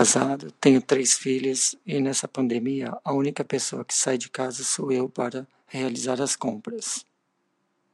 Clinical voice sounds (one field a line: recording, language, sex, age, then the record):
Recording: short text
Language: Brazilian Portuguese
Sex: male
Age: 50 to 59 years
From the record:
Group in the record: control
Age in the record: 56 years